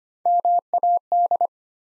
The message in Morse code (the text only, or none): MAD